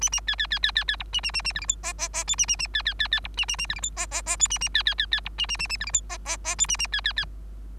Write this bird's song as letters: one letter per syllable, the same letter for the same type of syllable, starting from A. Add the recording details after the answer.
A A B B B B B B C A A A A D E F G G G H A A A B B B B C A A A D E F G G G H A A B B B B C A A A A D E F G G G H A A B B B. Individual Bird3